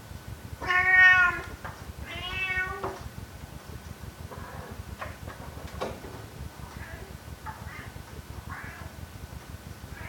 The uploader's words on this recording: Here is ten minutes of kitten sounds.